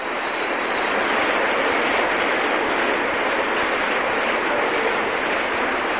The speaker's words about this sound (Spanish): ¡Un aplauso para el señor! ¡Fuerte! ¡Fuerte para él!